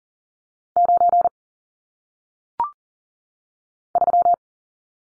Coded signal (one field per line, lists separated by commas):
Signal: Morse code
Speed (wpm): 40 wpm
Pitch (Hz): 700 Hz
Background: none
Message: 9 3